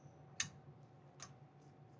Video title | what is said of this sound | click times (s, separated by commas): 🔴 Reparo Completo do Injetor Bosch Crin 4.2 (Euro 6): Desmontagem, Medição e Montagem Passo a Passo | Beleza, encaixou. | 0.4 s